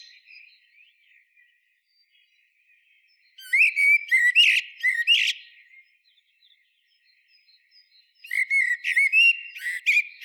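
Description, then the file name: Common blackbird, faint twittering at first, then two loud phrases of fluty whistles mixed with squeaky high notes, several seconds apart. "Turdus merula"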